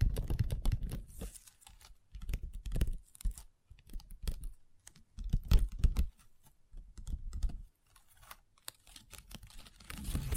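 Long nails tap and scratch on a table surface in uneven bursts, each cluster of quick clicks followed by brief pauses. Dull low thumps sit under crisp, bright ticks. Louder flurries come near the start, around the middle, and again at the end.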